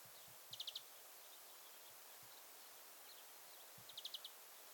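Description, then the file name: European greenfinch calls, two brief clusters of rapid high chirps, about four notes each, against constant background hiss. "Chloris chloris"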